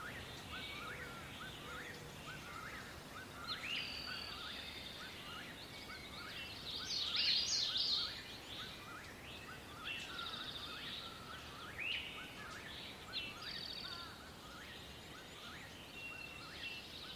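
Many birds chirp together in a forest, a dense, continuous chorus of quick, overlapping high calls and trills. A brighter burst of rapid chirps rises around seven to eight seconds, while a soft steady hiss runs underneath throughout.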